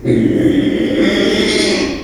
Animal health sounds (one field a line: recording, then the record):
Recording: squeal of a Yucatan mini pig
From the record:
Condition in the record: after surgery on the right vocal fold (resection and tissue-engineered implant)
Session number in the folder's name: 2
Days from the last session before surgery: 13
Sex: male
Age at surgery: 12 weeks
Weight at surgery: 13 kg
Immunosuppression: cyclosporine, prednisolone